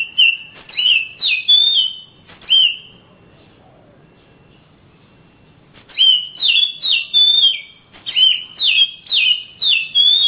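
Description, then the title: Oriental magpie-robin song: bursts of rapid, sweet whistled notes sliding downward, separated by a quiet gap of about three seconds before a second lively burst. Kacer, described as a champion master singer from Kalimantan and Sumatra, singing energetically (gacor). "Kicau Kacer Juara Master Kalimantan Sumatra Gacor"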